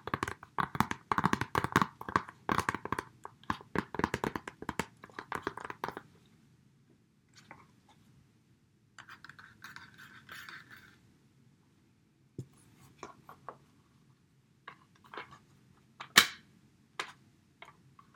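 A DVD case is handled, with rapid plastic clicks and rattles packed together for the first six seconds. After that the handling turns sparse: a soft scraping around ten seconds, then isolated snaps, the sharpest at about sixteen seconds, over a low hum.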